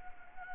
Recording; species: mosquito wingbeat signal from an infrared sensor; Anopheles gambiae